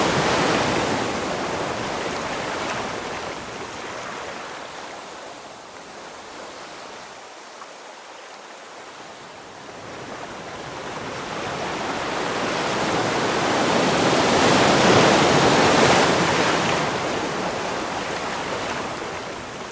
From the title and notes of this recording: Ocean Waves Crashing On the Beach.